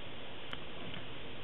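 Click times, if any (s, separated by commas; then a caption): 0.5 s. The plastic retainer pieces of a single key on a Dell Studio 1535, 1536, 1537, 1735, 1736 or 1737 laptop keyboard are slid under the metal hooks on the keyboard base and pressed down. One short, sharp click sounds at 0.5 s over a steady background hiss. The retainer is seated and confirmed in place.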